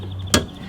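The plastic tether retainer of a new fuel cap is pushed back into its mount in the fuel door. Over a low steady hum, a faint tick comes at 0.1 seconds, then one sharp, loud click at 0.3 seconds as the tether snaps in and seats.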